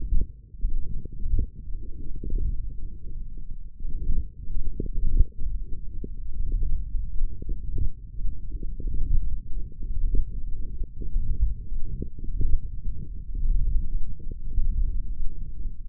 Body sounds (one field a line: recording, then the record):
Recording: forearm muscle sounds (acoustic myography)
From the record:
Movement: ulnar deviation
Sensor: system 1, eight BSWA MPA416 microphones around the upper forearm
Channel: 5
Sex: male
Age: 18 years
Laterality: right